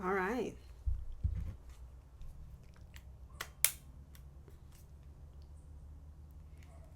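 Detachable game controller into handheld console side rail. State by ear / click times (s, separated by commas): seated / 3.6 s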